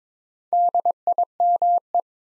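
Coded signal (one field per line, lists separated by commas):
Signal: Morse code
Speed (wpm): 22 wpm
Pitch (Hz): 700 Hz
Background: none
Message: DIME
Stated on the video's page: Morse practice at 22 wpm building 4-letter words two letters at a time, for training instant character recognition.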